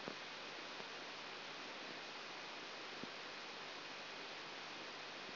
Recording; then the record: brain microelectrode recording played as sound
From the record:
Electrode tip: outside the subthalamic nucleus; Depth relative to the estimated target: -4 mm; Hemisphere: right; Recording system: AlphaMap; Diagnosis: Parkinson's disease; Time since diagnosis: 19 years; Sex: male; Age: 59 years